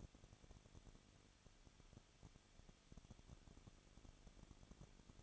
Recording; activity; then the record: daily activity, microphone in the room; no activity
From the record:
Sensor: 4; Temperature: 23.0 degrees Celsius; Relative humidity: 34.4%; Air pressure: 1007.2 hPa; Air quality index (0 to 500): 215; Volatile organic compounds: 15 ppm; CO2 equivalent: 2492 ppm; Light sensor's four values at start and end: 2/3/1/1 and 2/3/1/1